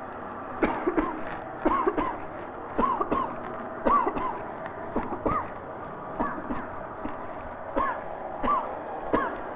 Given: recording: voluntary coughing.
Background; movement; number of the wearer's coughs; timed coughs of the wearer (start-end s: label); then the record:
traffic; sitting; 16
0.60-0.94 s: cough
0.94-1.29 s: cough
1.62-1.93 s: cough
1.95-2.28 s: cough
2.76-3.04 s: cough
3.09-3.42 s: cough
3.83-4.11 s: cough
4.13-4.46 s: cough
4.93-5.20 s: cough
5.23-5.55 s: cough
6.17-6.43 s: cough
6.48-6.83 s: cough
7.02-7.32 s: cough
7.73-8.07 s: cough
8.40-8.75 s: cough
9.10-9.41 s: cough
From the record:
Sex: female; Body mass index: 36.4 kg/m2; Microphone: on the chest, facing the body